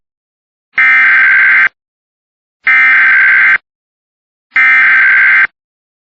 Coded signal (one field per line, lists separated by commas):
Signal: Emergency Alert System (SAME) tones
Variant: header bursts